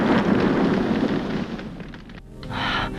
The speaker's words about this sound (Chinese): 吉米和克里斯及时跳下了车，逃过了一劫，而特工 Patterson 却开车冲进了海里。可没等车完全掉进去，就在半空中爆炸了。